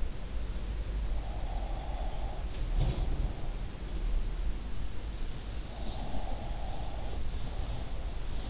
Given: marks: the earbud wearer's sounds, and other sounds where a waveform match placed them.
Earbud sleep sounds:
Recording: sounds in sleep by an in-ear microphone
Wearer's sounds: breath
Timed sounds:
1.05-3.52 s: breath
2.76-3.63 s: sound from someone else or the room
5.79-8.50 s: breath

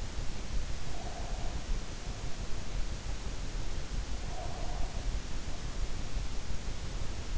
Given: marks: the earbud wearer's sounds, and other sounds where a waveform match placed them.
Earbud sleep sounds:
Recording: sounds in sleep by an in-ear microphone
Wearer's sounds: breath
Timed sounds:
0.83-2.52 s: breath
4.15-5.71 s: breath

